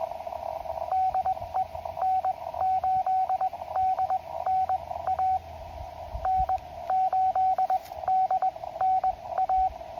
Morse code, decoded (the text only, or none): DE N8DNA N8DNA